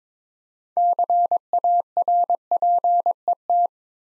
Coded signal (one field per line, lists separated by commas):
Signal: Morse code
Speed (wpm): 22 wpm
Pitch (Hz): 700 Hz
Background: none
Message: CARPET